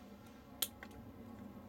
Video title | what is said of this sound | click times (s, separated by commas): Unboxing Unity 266 Digital Clamp Multi Meter | just push कर देना पड़ेगा और अपने आप लॉक हो जाएगा | 0.6 s